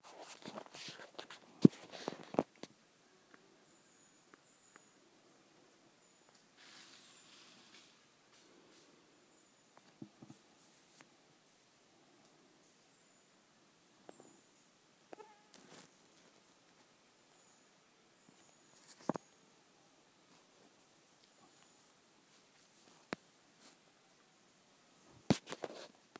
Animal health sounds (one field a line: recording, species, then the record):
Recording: mosquito flight sound by mobile phone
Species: Aedes sierrensis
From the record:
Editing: field recording with all noises